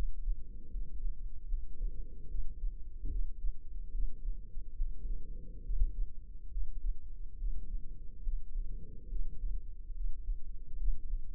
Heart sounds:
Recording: heart sounds by microphone in the left ear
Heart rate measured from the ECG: 72 bpm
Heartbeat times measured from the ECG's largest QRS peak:
0.69 s: heartbeat
1.47 s: heartbeat
2.26 s: heartbeat
3.06 s: heartbeat
3.90 s: heartbeat
4.74 s: heartbeat
5.61 s: heartbeat
6.48 s: heartbeat
7.35 s: heartbeat
8.21 s: heartbeat
9.07 s: heartbeat
9.92 s: heartbeat
10.75 s: heartbeat
From the record:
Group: healthy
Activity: rest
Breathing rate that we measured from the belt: 18 breaths a minute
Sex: female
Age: 32 years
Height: 172 cm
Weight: 71.7 kg

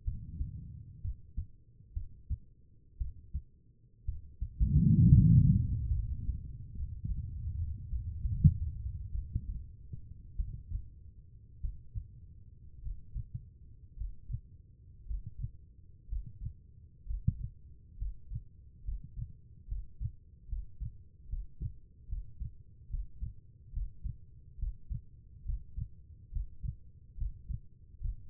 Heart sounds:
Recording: heart sounds by stethoscope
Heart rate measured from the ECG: 62 bpm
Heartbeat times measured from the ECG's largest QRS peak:
0.04 s: heartbeat
1.01 s: heartbeat
1.94 s: heartbeat
2.98 s: heartbeat
4.05 s: heartbeat
5.08 s: heartbeat
5.92 s: heartbeat
6.75 s: heartbeat
7.88 s: heartbeat
9.11 s: heartbeat
10.36 s: heartbeat
11.60 s: heartbeat
12.81 s: heartbeat
13.95 s: heartbeat
15.05 s: heartbeat
16.07 s: heartbeat
17.04 s: heartbeat
17.96 s: heartbeat
18.83 s: heartbeat
19.66 s: heartbeat
20.47 s: heartbeat
21.28 s: heartbeat
22.07 s: heartbeat
22.89 s: heartbeat
23.72 s: heartbeat
24.58 s: heartbeat
25.44 s: heartbeat
26.31 s: heartbeat
27.17 s: heartbeat
28.00 s: heartbeat
From the record:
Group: healthy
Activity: rest 0-5 s, breath hold 5-28 s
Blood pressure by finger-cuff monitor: 92/63 mmHg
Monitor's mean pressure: 69 mmHg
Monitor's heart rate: 66 bpm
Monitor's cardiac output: 4.5 L/min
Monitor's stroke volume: 68 mL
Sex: female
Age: 36 years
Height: 163 cm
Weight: 88 kg

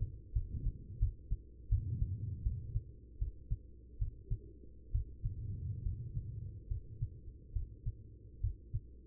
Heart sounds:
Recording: heart sounds by stethoscope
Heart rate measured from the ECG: 74 bpm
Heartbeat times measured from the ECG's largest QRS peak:
0.33 s: heartbeat
0.99 s: heartbeat
1.69 s: heartbeat
2.43 s: heartbeat
3.19 s: heartbeat
3.99 s: heartbeat
4.92 s: heartbeat
5.83 s: heartbeat
6.68 s: heartbeat
7.53 s: heartbeat
8.41 s: heartbeat
From the record:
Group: healthy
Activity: rest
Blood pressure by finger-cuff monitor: 122/80 mmHg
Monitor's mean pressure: 96 mmHg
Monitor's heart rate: 75 bpm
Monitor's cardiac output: 5.8 L/min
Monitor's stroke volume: 74 mL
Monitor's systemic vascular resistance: 1200 dyn s/cm5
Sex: female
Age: 43 years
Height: 160 cm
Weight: 90 kg

